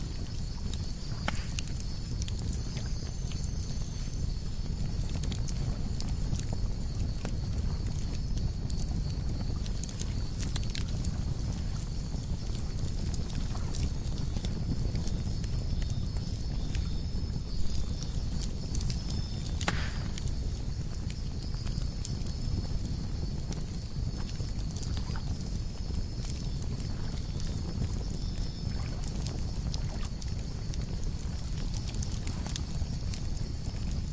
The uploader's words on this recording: Fire Roaring: campfire sounds at night - Bergen, Norway.